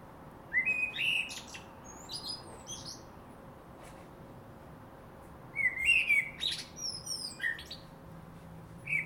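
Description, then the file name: Common blackbird song in several bursts, short rich whistled notes each followed by shrill high squeaks, the later phrase longer and more broken. "Turdus merula"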